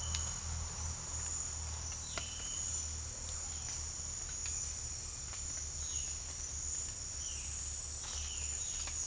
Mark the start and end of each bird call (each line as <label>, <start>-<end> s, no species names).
bird call, 7.11-9.07 s